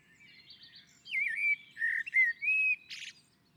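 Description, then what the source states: Common blackbird singing a rich, looping fluted phrase that slides up and down, ending in a sharp, high scratchy twitter. Common blackbird singing on a roof.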